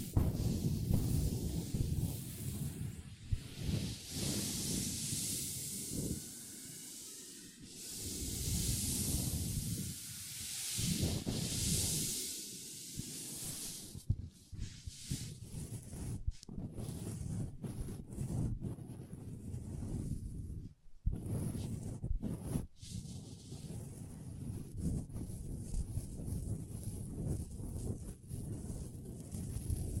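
Long nails scratch and tap on a table, with no talking. The first half is a dense, hissy scraping that rises and falls in long strokes, then gives way to quicker, choppier scratches and scattered taps, with brief near-silent gaps around 21 and 23 seconds.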